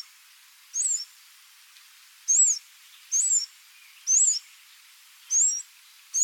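Blue-throated sunbird repeating high-pitched twisting chip notes at irregular intervals of about one second, with a low constant hiss behind.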